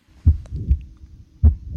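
Two slow heartbeats in an adult, about 50 a minute, with a soft murmur filling systole and little clicking heard: mitral valve prolapse (Barlow's syndrome), the classic click-murmur syndrome. Often benign, but it can be associated with palpitations, chest pain or fainting.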